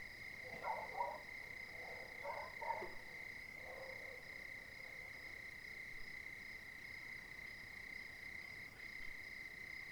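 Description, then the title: Dog barking, a few barks in the first four seconds, then quiet, with shrill crickets trilling steadily throughout. Several dogs barking at night, 02:59, Cilaos, quartier des Étangs, Réunion, 20 January 2019; nearest dog silent, crickets audible; neighbourhood overrun with dogs. "CILAOS quartier des Étangs - 20190120_02h59 chiens pour la nuit"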